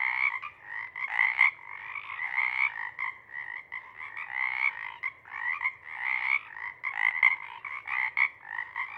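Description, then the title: Pacific chorus frogs croaking together in a steady raspy chorus, loudness rising and falling in uneven pulses throughout. Pacific chorus frog (Pseudacris regilla) chorus at a pond in the pre-morning twilight as the late night wanes; the chorus waxes and wanes. "Chorus Frogs, Chorus Waxes and Wanes, pre-morning-twilight"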